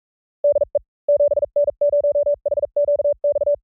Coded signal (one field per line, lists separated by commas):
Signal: Morse code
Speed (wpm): 44 wpm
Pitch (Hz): 580 Hz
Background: none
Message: DE 7N0HQX